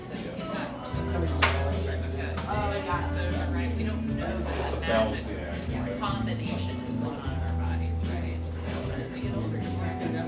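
Café sounds from a small drip coffee joint: overlapping voices chatter steadily throughout. A deep machine hum drones on and off in stretches, from about 1 to 4 seconds and again near 7 to 9. A sharp clack lands around 1.5 seconds, with lighter clinks scattered through.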